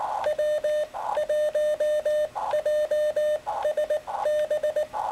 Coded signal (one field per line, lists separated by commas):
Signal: Morse code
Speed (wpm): 19 wpm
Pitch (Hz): 600 Hz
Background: none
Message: W1JSB